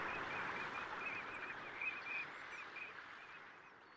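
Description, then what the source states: Eurasian teal calling with a run of short, high whistled notes repeated rapidly, fading out toward the end, over a broad rushing background noise. Male calling from a forest pond on a spring evening; wistful call known in Finnish as kilkatus.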